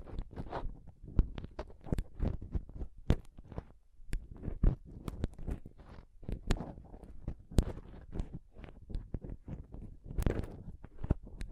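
Mic scratching and touching, a dense run of sharp scrapes, taps and rubs with no pause across the whole twelve seconds. The hits come irregularly, several per second, with dull thumps underneath and crisp bright edges on the strongest strikes.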